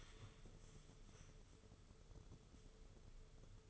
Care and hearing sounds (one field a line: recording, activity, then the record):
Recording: daily activity, microphone in the room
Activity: stand up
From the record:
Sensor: 4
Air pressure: 995.3 hPa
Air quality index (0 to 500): 216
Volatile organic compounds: 262 ppm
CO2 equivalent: 4391 ppm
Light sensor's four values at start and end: 18/47/18/22 and 18/46/18/22